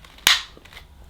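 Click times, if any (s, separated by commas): 0.3 s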